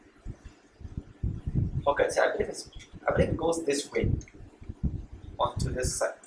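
A small plastic clip-on holder for an aquarium dosing setup is handled and lined up against the side of the dosing container. Someone talks throughout, with low handling thumps underneath. Nothing has seated or clicked yet.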